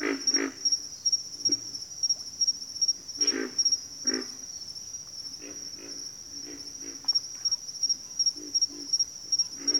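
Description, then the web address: Pig frogs make repeated low grunts, some quick series of three or four, alongside a steady pulsing cricket chorus. Pig frogs calling in a bayou. "Nature Sounds The Natural Sounds of the Wilderness Echoes of Nature - Bayou Pig Frogs"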